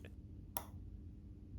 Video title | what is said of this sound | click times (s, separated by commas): $75 Invicta Pro Diver Strip Down and Review - Budget Watch Restoration - Seiko NH35a | going on now we have the canon pinion and this is friction fit so i'm going to press it home until i hear a click | 0.6 s